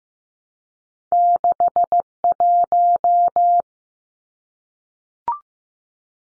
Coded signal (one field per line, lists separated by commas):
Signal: Morse code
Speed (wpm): 15 wpm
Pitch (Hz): 700 Hz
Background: none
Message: 61